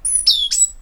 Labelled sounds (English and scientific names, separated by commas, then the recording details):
Stitchbird (Notiomystis cincta) song
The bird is a male
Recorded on Tiritiri Matangi Island, New Zealand, in 2005
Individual 12, of nest box 16